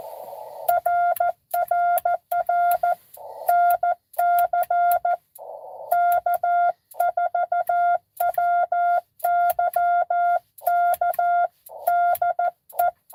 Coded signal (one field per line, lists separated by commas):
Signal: Morse code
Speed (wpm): 13 wpm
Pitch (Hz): 700 Hz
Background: none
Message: RRR NC K4WYK DE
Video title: N2AKJ is live! Doing parks on the air at nessequogue river state park us-2114 #pota #cw